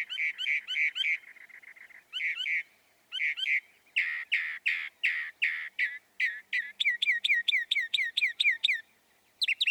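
Northern mockingbird song: long varied sequence of rapid repeated phrases, switching from fluttering notes to harsh buzzy strokes to quick rising chirps.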